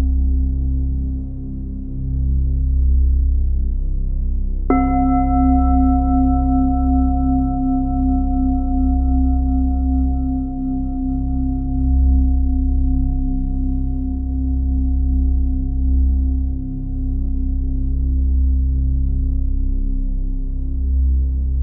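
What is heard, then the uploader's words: A large singing bowl is struck near five seconds, its bright ring fading slowly over a deep, steady low hum that continues throughout. Big Tibetan Singing Bowl Music For Healing & Meditation. Calming Tibetan Singing Bowl Music based on Solfeggio Frequency of 528Hz.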